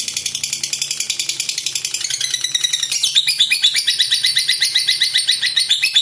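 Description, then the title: Lovebird chattering in a rapid high trill that grows louder and harsher partway through, with a faint low hum underneath. A 'fighter' lovebird singing vigorously and persistently ('gacor'). "Berkat SUARA Lovebird FIGHTER GACOR Ini"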